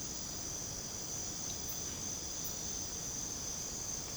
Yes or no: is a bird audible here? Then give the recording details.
no. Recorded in secondary vegetation near Puerto Asís, Putumayo, Colombia, on 20 December 2024 at 01:00. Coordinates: 0.489, -76.322. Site G059